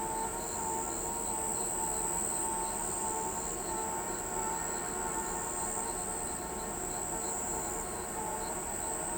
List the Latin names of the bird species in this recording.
none